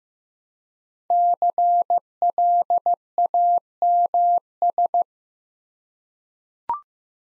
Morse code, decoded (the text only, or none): CLAMS